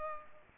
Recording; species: mosquito wingbeat signal from an infrared sensor; Culex pipiens